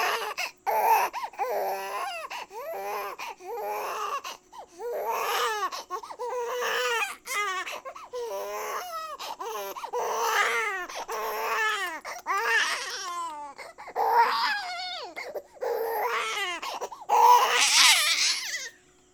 Baby Cry.